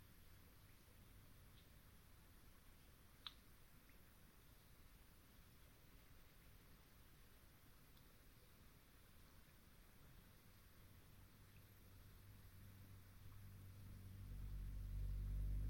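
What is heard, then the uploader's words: A quiet swamp at dusk, mostly a steady, faint hiss over a soft low rumble. A single sharp tick stands out just past three seconds, with a couple of faint brief chirps elsewhere. A deep hum swells louder over the final few seconds. Long Swamp, Dusk. Song Sparrows, Lincoln’s Sparrows, Swainson’s Thrushes, American Robins, Mallard Ducks and more make their homes here. The air was still as I sat down to record; the temperature a chill 60ºF/ 15.5ºC, and the moon was expected to be full. I could hear distinct non-song vocalization from Swainson’s Thrushes.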